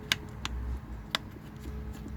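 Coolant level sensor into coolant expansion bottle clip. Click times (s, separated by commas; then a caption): 0.1 s, 1.1 s. A low-level coolant sensor is pushed into the plastic retaining clip at the bottom of a lifted coolant expansion bottle. Sharp, short plastic clicks ring out at 0.1 s and 1.2 s, with a softer tap around 0.5 s, over a low steady hum. The sensor seats firmly in the clip.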